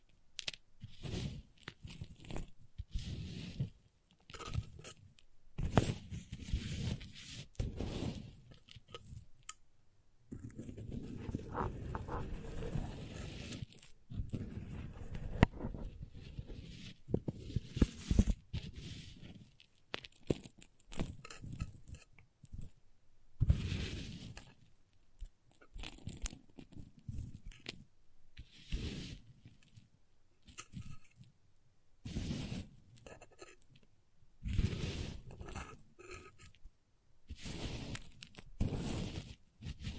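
Crayons being worked in quick bursts of scraping, carving and cutting, with short crunchy strokes and sharp little taps. The sounds come in uneven clusters with brief silences between them, and a longer, steadier scraping passage runs from about 10 to 15 seconds.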